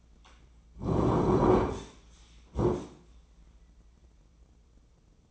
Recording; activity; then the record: daily activity, microphone in the room; sit down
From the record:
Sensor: 1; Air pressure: 996.0 hPa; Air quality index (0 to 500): 238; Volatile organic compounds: 1000 ppm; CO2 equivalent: 6931 ppm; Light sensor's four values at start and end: 35/86/37/44 and 36/89/38/46